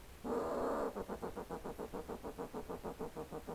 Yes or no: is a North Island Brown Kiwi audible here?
no